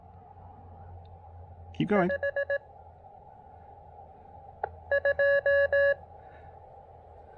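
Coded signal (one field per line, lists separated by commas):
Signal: Morse code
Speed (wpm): 18 wpm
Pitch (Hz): 590 Hz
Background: speech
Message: 5 2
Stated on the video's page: Portable QRP Morse activation on 20 meters using an Elecraft KX2 with the AX1 antenna.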